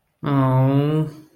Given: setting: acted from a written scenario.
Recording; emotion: vocal sound without words; sympathy